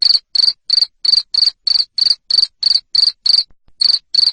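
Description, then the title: Cricket chirping, loud high pulsed chirps repeated about three times a second in a steady series with one brief pause. Loud cricket chirping used to make lovebirds sing continuously. "Suara JANGKRIK NGERIK Keras Bikin LOVEBIRD Jadi NGEKEK Terus Vubey"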